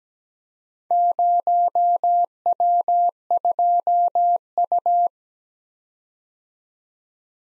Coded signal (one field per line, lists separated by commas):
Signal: Morse code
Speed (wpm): 17 wpm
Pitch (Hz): 700 Hz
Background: none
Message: 0W2U